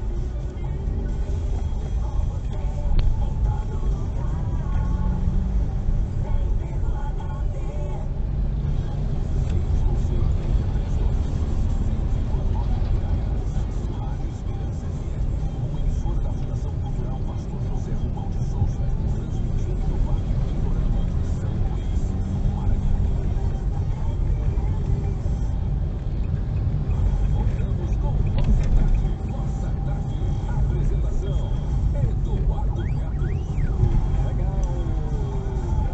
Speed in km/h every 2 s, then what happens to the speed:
14, 19, 21, 21, 24, 16, 18, 21, 23, 24, 23, 24, 26, 29, 32, 29, 30, 31.
0-7 speeds up to 24. 11-28 speeds up to 32. 28-36 steady at about 30.